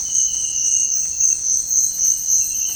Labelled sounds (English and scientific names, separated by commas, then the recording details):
none
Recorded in dense forest near Puerto Asís, Putumayo, Colombia, on 21 February 2024 at 06:30
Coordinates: 0.485, -76.325
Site G6429